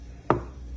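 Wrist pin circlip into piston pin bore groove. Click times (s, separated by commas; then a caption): 0.3 s. A steel wrist pin circlip is pushed into the groove of a piston pin bore. One short, sharp click sounds at 0.3 s, then a brief ringing tail fades. The wrist pin lock has clicked but is not fully home yet.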